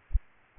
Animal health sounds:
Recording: mosquito wingbeat signal from an infrared sensor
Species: Aedes albopictus

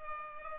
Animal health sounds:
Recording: mosquito wingbeat signal from an infrared sensor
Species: Culex pipiens

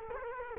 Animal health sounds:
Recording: mosquito wingbeat signal from an infrared sensor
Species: Culex quinquefasciatus

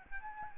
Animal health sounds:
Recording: mosquito wingbeat signal from an infrared sensor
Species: Aedes albopictus

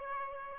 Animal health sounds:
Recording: mosquito wingbeat signal from an infrared sensor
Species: Aedes albopictus

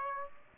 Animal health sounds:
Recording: mosquito wingbeat signal from an infrared sensor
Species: Aedes aegypti

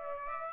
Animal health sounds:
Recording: mosquito wingbeat signal from an infrared sensor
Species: Aedes aegypti

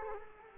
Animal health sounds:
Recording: mosquito wingbeat signal from an infrared sensor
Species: Culex quinquefasciatus

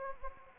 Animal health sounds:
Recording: mosquito wingbeat signal from an infrared sensor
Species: Anopheles gambiae

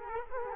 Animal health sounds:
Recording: mosquito wingbeat signal from an infrared sensor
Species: Culex quinquefasciatus

